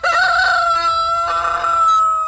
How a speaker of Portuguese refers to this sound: Oh, meu galo serrote, canta aí na hora certa, rapaz.